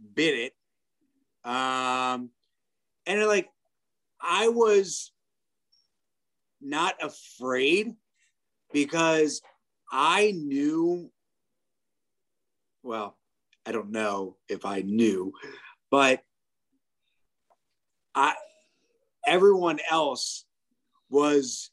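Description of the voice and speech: Halting, fragmented speech from an adult stroke survivor with aphasia: long mid-sentence pauses, fillers and self-corrections break up short phrases.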